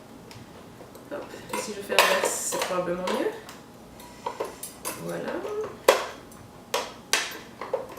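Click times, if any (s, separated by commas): 7.1 s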